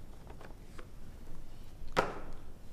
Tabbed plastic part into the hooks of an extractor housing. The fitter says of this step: the whole thing locks into place here under these hooks.